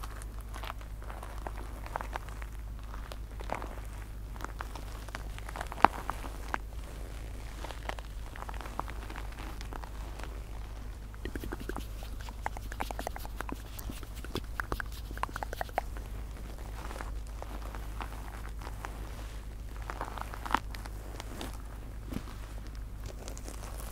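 Soft mouth sounds fill the clip: a dense, continuous patter of wet clicks and small pops with brief mid-pitched swells every second or so. A steady low hum sits underneath throughout, and the overall level stays quiet and even.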